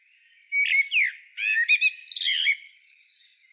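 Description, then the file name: Common blackbird song phrase: a couple of clear whistled notes, then rapid buzzy stutters and a thin, high squeaky twitter at the end. "Turdus merula"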